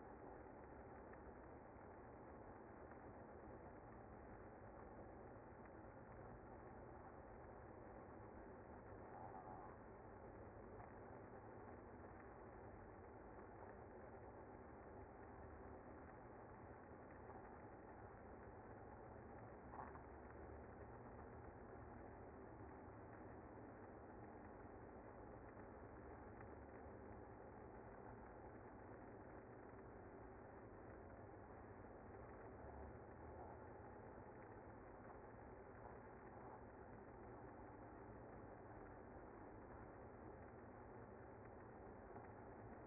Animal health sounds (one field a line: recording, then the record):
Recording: honeybee colony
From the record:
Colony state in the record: active